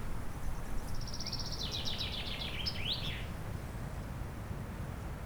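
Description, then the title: European robin singing one high phrase of rapid, wavering notes that drift downward, with constant wind roar underneath. Chindrieux, France; sunny sloping lawn at Châtillon beach, sheltered from the north wind; robin singing not far away; wind murmuring in the trees. "Chem. des Rubellines, Chindrieux, France - rouge gorge"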